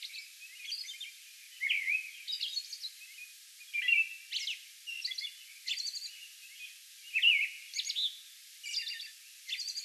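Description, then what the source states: American robin song, whistled phrases mixed with high, thin, squeaky notes in a continuous bout. Song bout recorded on May 11.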